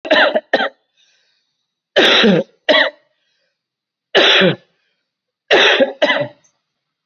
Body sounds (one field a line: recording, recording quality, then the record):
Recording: heavy voluntary cough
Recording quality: excellent, no background noise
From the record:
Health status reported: COVID-19 positive, moderate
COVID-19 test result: positive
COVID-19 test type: RT-PCR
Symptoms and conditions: cough, fever, fatigue, muscle pain, loss of smell and taste, diabetes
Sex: male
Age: 39 years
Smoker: no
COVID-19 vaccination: both doses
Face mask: not worn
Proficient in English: no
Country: India